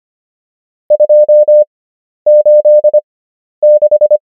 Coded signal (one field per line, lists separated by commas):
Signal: Morse code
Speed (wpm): 25 wpm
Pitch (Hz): 600 Hz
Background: none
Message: 286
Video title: morse code practice | 25wpm | 11fw | numbers | ENGLISH